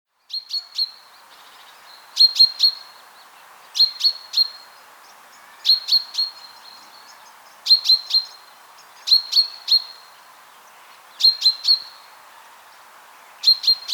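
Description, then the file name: Common chaffinch calling, bright metallic chinks delivered in quick clusters of two to four, repeated steadily every couple of seconds with soft low background noise. "Fringilla coelebs"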